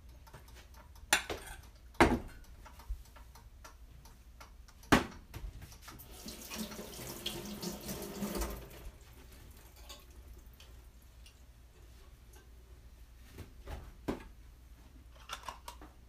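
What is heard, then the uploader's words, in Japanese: Okonomiyaki cooking, with sharp utensil clicks and clatters near 1, 2 and 5 seconds, then a rushing, sizzling wash from about 6 to 9 seconds. It quiets afterward, leaving a few light taps around 14 and 15 seconds over a steady low hum. お好み焼きを焼く。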